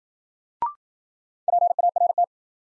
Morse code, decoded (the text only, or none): PART